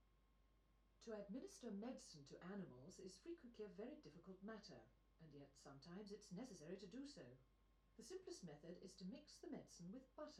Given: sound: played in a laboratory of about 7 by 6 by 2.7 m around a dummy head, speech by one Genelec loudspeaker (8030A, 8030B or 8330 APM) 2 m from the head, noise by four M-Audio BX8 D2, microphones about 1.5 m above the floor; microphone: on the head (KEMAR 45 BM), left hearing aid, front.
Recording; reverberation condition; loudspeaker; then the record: female speech in English; low; 60 degrees to the right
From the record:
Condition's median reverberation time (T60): about 310 ms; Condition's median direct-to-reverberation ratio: about 3.5 dB